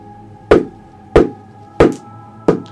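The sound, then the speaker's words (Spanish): Four firm, evenly spaced knocks on a door at the far end of a small vestibule ring out one after another, each a sharp, hollow thud, over a faint steady hum with no voices. “Se suben la capucha y 5 metros más hacia el fondo, una puerta.”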